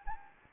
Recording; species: mosquito wingbeat signal from an infrared sensor; Anopheles gambiae